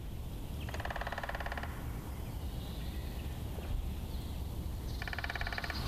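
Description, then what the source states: Lesser Spotted Woodpecker drumming: two short, fine, rapid rattling bursts separated by a pause of several seconds, over a steady low background rumble. Drumming; short, fairly delicate rattling whirr ('pärryttää'); runs here single, varying between shorter and longer.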